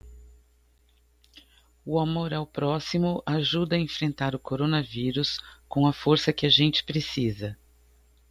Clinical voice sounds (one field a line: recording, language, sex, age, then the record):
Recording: spoken sentence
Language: Brazilian Portuguese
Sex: female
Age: 60 to 69 years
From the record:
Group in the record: control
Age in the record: 62 years